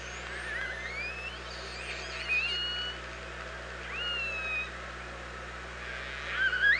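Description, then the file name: Orca vocalizations: drawn-out tonal calls that slide up and down, with a sharper rising call at the close, over a steady low hum. Recorded by OrcaLab on 24 August 2017 at 07:46. "Orca Lab UTLN JASON 20170824 074610"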